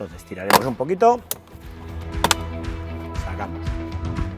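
A plastic interior trim panel covering the body control unit of a 2016–2024 Peugeot 3008 II is pulled, and its snap clips release with a sharp double pop at 2.2 s and 2.3 s. Someone talks throughout, with music in the background. The snap-in trim is released and comes out.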